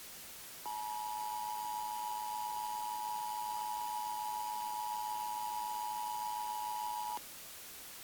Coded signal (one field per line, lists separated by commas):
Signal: Emergency Alert System (SAME) tones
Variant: 853 and 960 Hz attention tone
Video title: Se eīdha khthes - A Paranormal Alien EAS Scenario